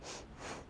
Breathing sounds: one breath in and out by a microphone near the nose and mouth; strong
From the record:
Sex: female

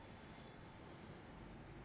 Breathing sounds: one breath in and out by a microphone near the nose and mouth; normal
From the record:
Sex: male

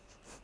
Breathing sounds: one breath in and out by a microphone near the nose and mouth; strong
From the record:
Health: marked as sick, illness not named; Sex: female

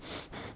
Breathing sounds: one breath in and out by a microphone near the nose and mouth; strong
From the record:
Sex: male

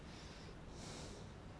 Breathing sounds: one breath in and out by a microphone near the nose and mouth; normal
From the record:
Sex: male

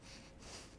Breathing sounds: one breath in and out by a microphone near the nose and mouth; strong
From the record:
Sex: male

